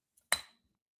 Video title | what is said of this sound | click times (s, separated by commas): Doofus Crest side character Jody drives around airing his YT grievances #IStandWithMrsPotato | And you could hear it snap shut, right? | 0.3 s